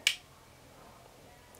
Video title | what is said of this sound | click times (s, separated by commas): Decadent Minimalist Men's DM1 Aluminum Wallet (4K) - Apple Pay? | when it goes back in that gives you a satisfying click because | 0.1 s